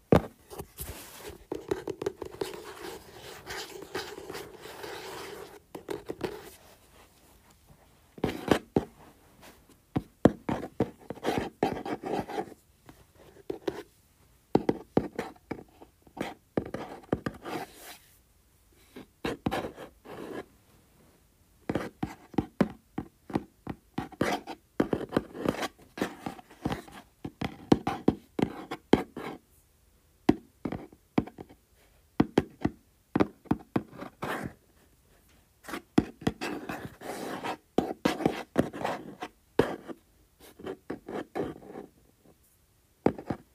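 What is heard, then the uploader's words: Fingers tap and scratch on a small cardboard box. The first six seconds hold a continuous rough scratching; after that come short bursts of quick taps and scrapes in clusters, separated by brief silences, running steadily to the end with a dry, papery crackle. ASMR Tapping and Scratching Small Cardboard Box.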